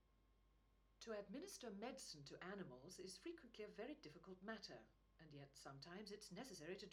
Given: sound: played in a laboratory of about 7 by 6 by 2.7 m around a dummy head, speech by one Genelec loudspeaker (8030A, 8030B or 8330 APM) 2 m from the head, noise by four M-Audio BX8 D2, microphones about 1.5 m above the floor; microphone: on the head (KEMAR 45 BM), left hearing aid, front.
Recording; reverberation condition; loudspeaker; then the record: female speech in English; low; 90 degrees to the left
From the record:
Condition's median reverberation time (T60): about 310 ms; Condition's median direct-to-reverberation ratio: about 3.5 dB